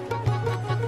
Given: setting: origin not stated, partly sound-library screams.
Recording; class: one-second piece from a danger detection set; normal situation